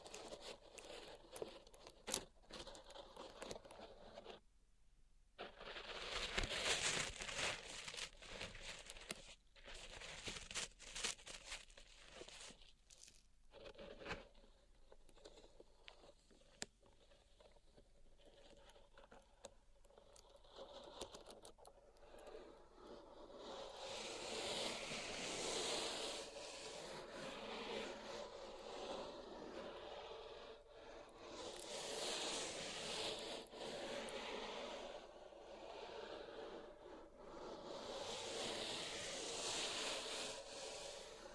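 Pink salt in a zen garden is tapped and raked, with sharp crisp clicks and light patter scattered through the first twenty seconds. After that the sound turns to steadier, bright grainy scraping that swells in waves roughly every few seconds until the end.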